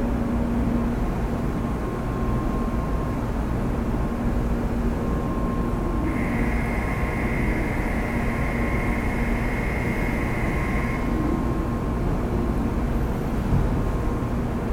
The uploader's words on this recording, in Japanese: 小倉駅の音風景（山陽新幹線のりば のぞみ号到着から発車まで）。東京行『のぞみ号』の、到着から発車までの様子です。山陽新幹線 小倉駅での音風景です。